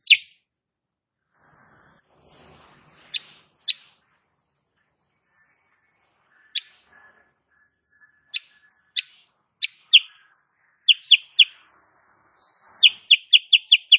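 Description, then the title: Sooty-headed bulbul song: scattered sharp, bright notes with gaps, ending in a quick burst of tightly repeated chips. Female sooty-headed bulbul, cage bird singing actively (gacor) in the tight rapid 'nembak rapat' style, used as a master recording for training cage birds. "Masteran Kutilang Sutra. Kutilang SUTRA BETINA GACOR nembak RAPAT"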